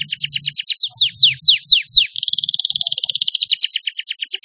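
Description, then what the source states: Atlantic canary pouring out high song: a series of quick downslurred notes, then a dense, rapid buzzing trill for the second half. Lure recording used for training birds.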